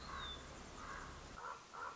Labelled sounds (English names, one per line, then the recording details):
Common Raven
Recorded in Sonoma County, California